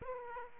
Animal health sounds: mosquito wingbeat signal from an infrared sensor; Aedes aegypti

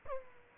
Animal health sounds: mosquito wingbeat signal from an infrared sensor; Aedes aegypti

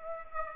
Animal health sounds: mosquito wingbeat signal from an infrared sensor; Aedes aegypti

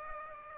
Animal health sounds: mosquito wingbeat signal from an infrared sensor; Aedes aegypti

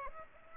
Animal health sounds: mosquito wingbeat signal from an infrared sensor; Aedes aegypti

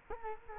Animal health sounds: mosquito wingbeat signal from an infrared sensor; Culex quinquefasciatus

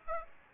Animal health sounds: mosquito wingbeat signal from an infrared sensor; Aedes aegypti

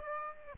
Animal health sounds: mosquito wingbeat signal from an infrared sensor; Aedes aegypti

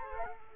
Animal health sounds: mosquito wingbeat signal from an infrared sensor; Culex quinquefasciatus

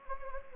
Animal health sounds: mosquito wingbeat signal from an infrared sensor; Anopheles gambiae

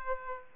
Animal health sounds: mosquito wingbeat signal from an infrared sensor; Aedes aegypti

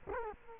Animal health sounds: mosquito wingbeat signal from an infrared sensor; Culex quinquefasciatus

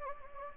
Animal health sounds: mosquito wingbeat signal from an infrared sensor; Anopheles gambiae

